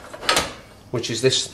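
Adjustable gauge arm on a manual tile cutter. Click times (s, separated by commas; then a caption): 0.3 s. The adjustable gauge arm on a manual tile cutter is set so the same cut can be repeated, and it locks into place with a sharp mechanical click at 0.3 s. A fainter tap comes just before, and someone talks afterward.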